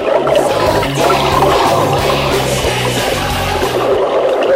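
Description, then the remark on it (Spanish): An underwater diving sound effect: a steady, muffled wash fills the whole stretch, with a low rumbling pulse and bubbly churning noise throughout, loud and continuous with no voices. “Va, que salga el buzo ya del agua, me cago en Dios. Que no hay manera, que se va a ahogar.”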